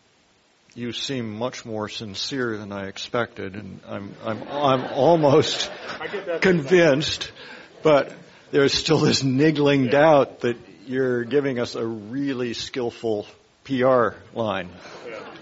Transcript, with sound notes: You seem much more sincere than I expected and [Laughter] I'm almost convinced, but there still is niggling doubt that you're giving us a really skillful PR line.